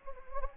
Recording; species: mosquito wingbeat signal from an infrared sensor; Anopheles gambiae